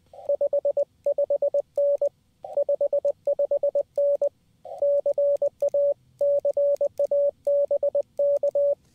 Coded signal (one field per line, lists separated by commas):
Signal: Morse code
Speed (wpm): 20 wpm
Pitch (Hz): 560 Hz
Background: radio noise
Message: 55N 55N CA CA BK